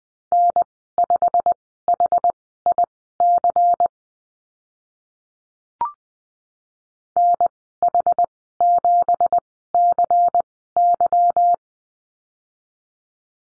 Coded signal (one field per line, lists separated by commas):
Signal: Morse code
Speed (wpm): 20 wpm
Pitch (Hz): 700 Hz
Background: none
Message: N5HIC NH7CY